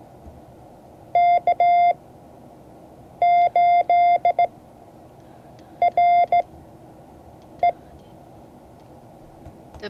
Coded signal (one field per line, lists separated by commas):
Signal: Morse code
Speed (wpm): 16 wpm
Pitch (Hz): 700 Hz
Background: speech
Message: K8RE